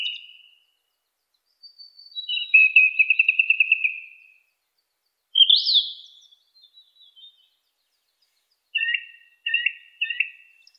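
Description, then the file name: Song thrush song of varied phrases: a fast buzzy trill, a sharp rising note, then a clipped note repeated three times; quiet gaps between phrases. "suara kicauan burung song thrush. omkicau"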